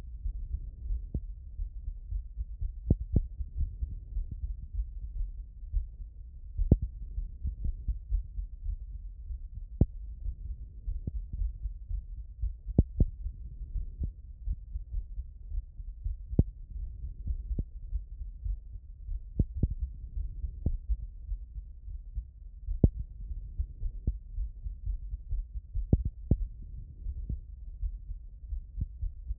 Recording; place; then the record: heart sounds by stethoscope; tricuspid valve (TV)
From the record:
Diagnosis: non-HFrEF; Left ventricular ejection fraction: 50%